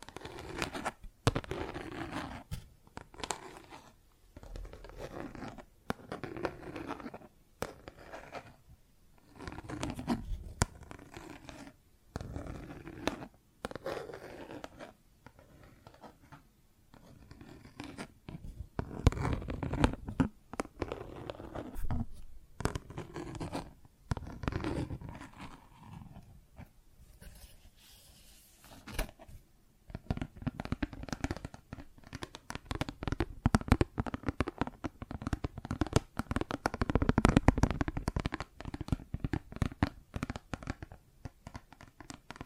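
Plastic objects are tapped and scratched in irregular bursts of sharp clicks and rasping scrapes, with a quieter stretch near the middle before dense activity resumes.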